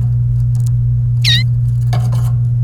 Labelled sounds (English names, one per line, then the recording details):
Domestic Canary song
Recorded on 28 April 2018 at 16:56
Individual llb3